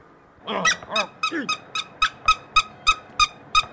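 An old car horn honks about a dozen times in a quick, steady rhythm at a petrol pump to call the attendant, each blast a bright, nasal squawk, preceded by a few wobbling, squeaky toots. No one speaks.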